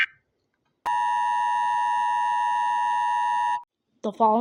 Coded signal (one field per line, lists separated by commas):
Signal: Emergency Alert System (SAME) tones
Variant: 853 and 960 Hz attention tone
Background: speech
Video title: Steve 'N' George EAS Scenario part 3